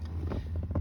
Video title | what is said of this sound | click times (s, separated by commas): 2019 - 2023 Toyota RAV4 Cabin Air Filter Replacement | and then listen for the snap do you hear that that was those squeeze prongs catching | 0.8 s